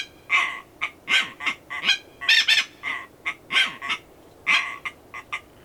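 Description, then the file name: Red-billed tropicbird calling with hoarse, grating screeches in a rapid series. "phaethon aethereus"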